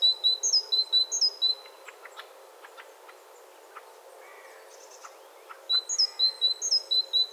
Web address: SETE data Parus major